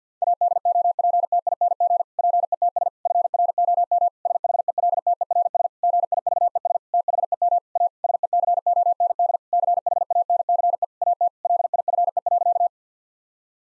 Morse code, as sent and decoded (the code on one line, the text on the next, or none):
.- -.. --- .--. - .. -. --. / .--. . - ... / ..-. .-. --- -- / ... .... . .-.. - . .-. ... / --. .. ...- . ... / - .... . -- / .- / ... . -.-. --- -. -.. / -.-. .... .- -. -.-. . / .- - / .-.. .. ..-. . .-.-.-
ADOPTING PETS FROM SHELTERS GIVES THEM A SECOND CHANCE AT LIFE.